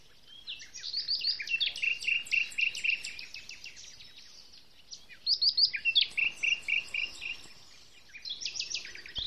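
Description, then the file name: Common nightingale song: fast series of repeated notes and rattling trills in several phrases separated by short pauses. "Luscinia megarhynchos"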